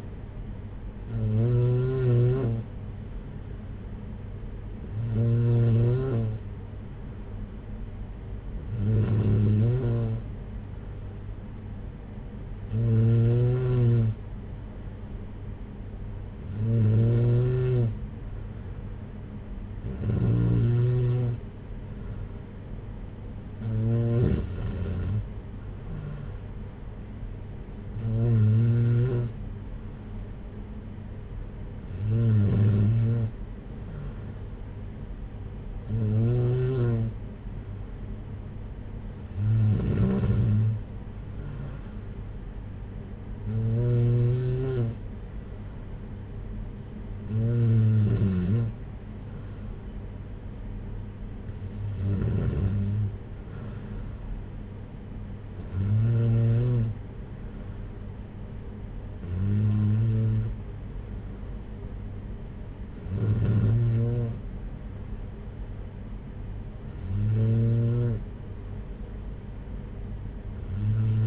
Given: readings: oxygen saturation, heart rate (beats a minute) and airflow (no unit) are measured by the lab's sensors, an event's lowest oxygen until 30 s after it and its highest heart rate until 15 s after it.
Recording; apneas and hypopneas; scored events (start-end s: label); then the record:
breathing in sleep by a smartphone at the bedside; none
none scored
From the record:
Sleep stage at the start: N2 (light sleep); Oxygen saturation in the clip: 93 to 95%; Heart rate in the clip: 55 to 65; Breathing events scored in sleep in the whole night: 226 in 8.8 hours asleep